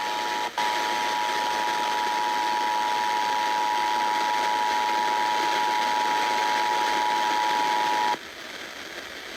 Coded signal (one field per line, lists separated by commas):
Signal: Emergency Alert System (SAME) tones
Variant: 853 and 960 Hz attention tone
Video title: A Tornado Bust(EAS 1,921-1,927, 1,929-1,930)